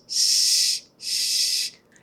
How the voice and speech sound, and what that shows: If the air doesn't go straight forward, if it's coming off the sides, then it's going to sound slushy like this. It's more of a lateral lisp kind of sound.